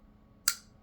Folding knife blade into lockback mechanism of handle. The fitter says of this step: But okay, so there's the lock.